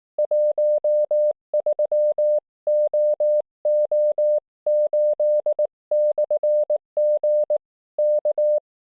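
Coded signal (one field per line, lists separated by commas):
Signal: Morse code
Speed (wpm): 19 wpm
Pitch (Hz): 600 Hz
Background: none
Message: 13OO8/G K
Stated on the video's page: QRP CW from a winter walk-in campsite on a 30 m wire antenna: 7 MHz Japanese-code chat and nets, 1.9 MHz and 3.5 MHz contacts, weak signals.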